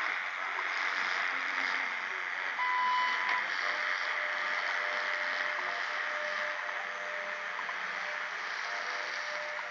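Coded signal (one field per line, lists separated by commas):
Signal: radio time signal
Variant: WWV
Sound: loud shortwave hiss with one short 1 kHz beep, then a faint steady tone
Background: radio static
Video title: WWV Time Signal via Fort Collins, EUA, em 5000 KHz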